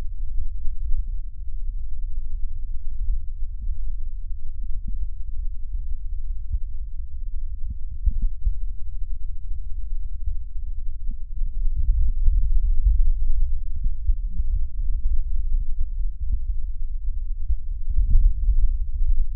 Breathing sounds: lung sounds by stethoscope; right posterior basal chest; quiet breathing, then deep breathing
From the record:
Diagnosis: interstitial lung disease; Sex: female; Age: 61 years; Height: 155 cm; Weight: 75.5 kg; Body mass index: 31.4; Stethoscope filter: bell mode

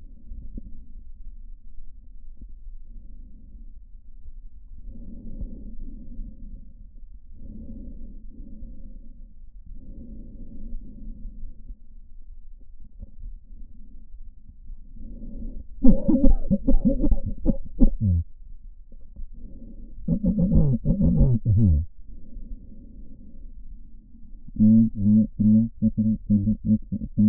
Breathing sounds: lung sounds by stethoscope; right posterior apical chest; quiet breathing, then cough and speech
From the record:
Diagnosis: none (healthy); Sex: male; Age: 45 years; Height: 173 cm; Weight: 92 kg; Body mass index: 30.7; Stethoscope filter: diaphragm mode

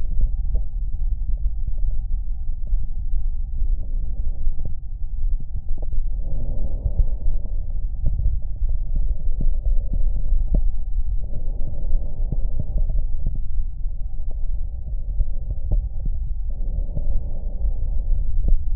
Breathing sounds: lung sounds by stethoscope; right anterior apical chest; quiet breathing, then deep breathing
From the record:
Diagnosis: interstitial lung disease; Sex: male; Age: 66 years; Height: 164 cm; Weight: 76.2 kg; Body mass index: 28.3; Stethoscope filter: extended mode

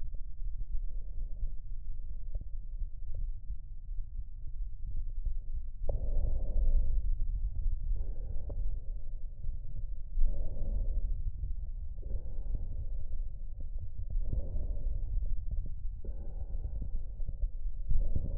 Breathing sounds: lung sounds by stethoscope; right anterior apical chest; quiet breathing, then deep breathing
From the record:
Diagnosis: COPD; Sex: male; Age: 81 years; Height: 166 cm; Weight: 98.7 kg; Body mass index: 35.8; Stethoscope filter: extended mode

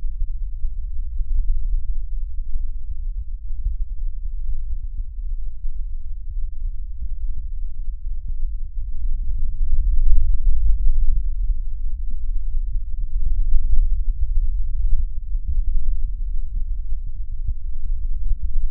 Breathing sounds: lung sounds by stethoscope; right posterior basal chest; quiet breathing, then deep breathing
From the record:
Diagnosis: COPD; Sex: male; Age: 77 years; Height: 164 cm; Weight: 58.2 kg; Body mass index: 21.6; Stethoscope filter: bell mode

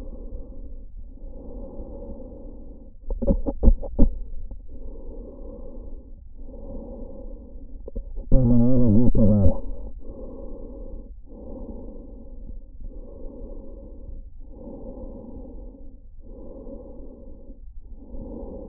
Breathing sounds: lung sounds by stethoscope; trachea; quiet breathing, then cough and speech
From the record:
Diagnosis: COPD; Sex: male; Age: 80 years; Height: 171 cm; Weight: 75 kg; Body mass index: 25.6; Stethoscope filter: diaphragm mode

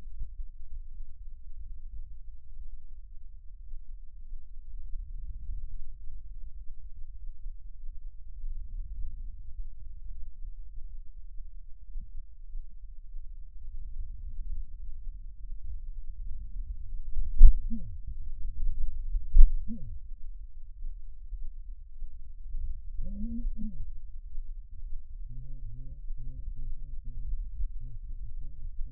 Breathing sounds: lung sounds by stethoscope; left posterior basal chest; quiet breathing, then cough and speech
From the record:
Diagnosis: pulmonary infection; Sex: male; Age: 54 years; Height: 187 cm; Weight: 95 kg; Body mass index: 27.2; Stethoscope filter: bell mode

